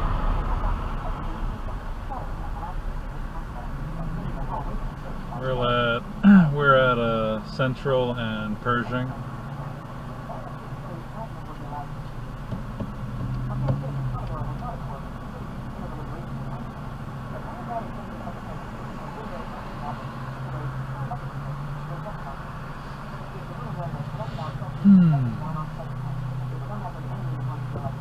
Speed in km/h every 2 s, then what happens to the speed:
19, 11, 0, 0, 0, 0, 0, 0, 0, 0, 0, 0, 0, 0.
0-4 brakes to 0. 4-28 standing.